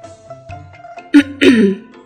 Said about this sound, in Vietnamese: Phu tử nhẹ nhàng ho khan một tiếng,